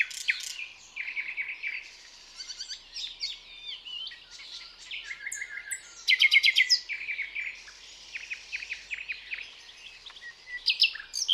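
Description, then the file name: Common nightingale song, varied phrases of chirps and whistles with fast repeated-note runs and a loud rattling burst, over a constant quiet background. "Luscinia megarhynchos"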